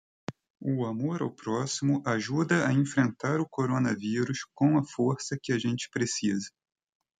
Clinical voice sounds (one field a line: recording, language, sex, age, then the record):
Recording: spoken sentence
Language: Brazilian Portuguese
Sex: male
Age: 30 to 39 years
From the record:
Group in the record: control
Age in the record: 35 years